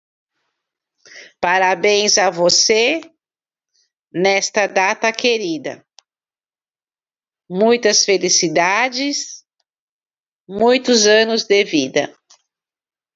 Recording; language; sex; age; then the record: short text; Brazilian Portuguese; female; 50 to 59 years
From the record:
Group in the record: control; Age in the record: 55 years